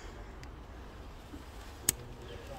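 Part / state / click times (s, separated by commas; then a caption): curved intake pipe into its engine-bay mounting / seated / 1.9 s. A curved "banana" intake pipe is refitted into its engine-bay mounting during reassembly, against a low, steady background rumble with a faint tick at 0.4 s. A single sharp hit at 1.9 s marks the pipe going home, and it is seated in place.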